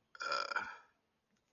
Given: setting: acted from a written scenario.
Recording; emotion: vocal sound without words; embarrassment